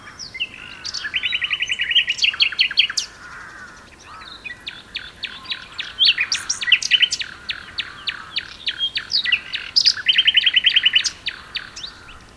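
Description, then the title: Common nightingale song, busy and continuous, with rattling trills, clicking repeated notes and brief whistles. Two nightingales singing together as a duet on Westleton Heath. "sanderson. nightingale duet on westleton heath"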